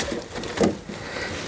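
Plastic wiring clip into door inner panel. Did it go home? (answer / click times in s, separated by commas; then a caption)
no / none. A plastic wiring clip is handled and pushed toward its hole in the inner door panel of a Ford Galaxy during a door mirror replacement. Low handling noise is heard, with a brief louder rub around 0.4 to 0.7 seconds. Nothing has seated or clicked yet.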